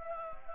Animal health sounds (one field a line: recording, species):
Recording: mosquito wingbeat signal from an infrared sensor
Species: Anopheles gambiae